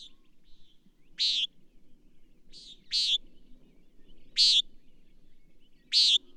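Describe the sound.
Bird giving sharp high chirps, four loud ones about every one and a half seconds, with softer twittering notes in between and a faint low rumble beneath.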